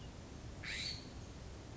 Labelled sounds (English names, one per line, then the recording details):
California Scrub-Jay
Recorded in Sonoma County, California